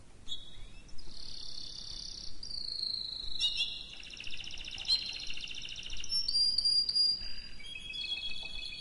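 Canary singing: drawn-out rolling tours and high whistled trills in changing sections.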